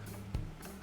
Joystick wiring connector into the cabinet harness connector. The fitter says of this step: press together you get a little click